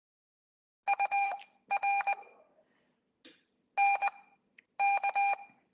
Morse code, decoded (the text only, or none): UR NK